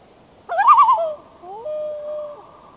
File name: Loon Bird